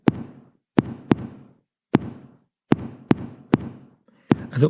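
Imitated heartbeat rhythm, knocked or drummed: normal, rate-controlled atrial fibrillation, with beats falling at irregularly irregular intervals, a disordered rhythm.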